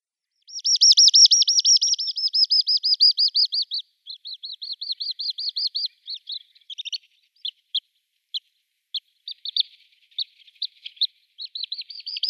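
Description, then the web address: Little stint display song, a loud series of rapid high rolling trills that slows and fades into scattered single chirps with gaps between them, then trills again at the end. Male little stint in display flight. "Schulze Peter Little Stint"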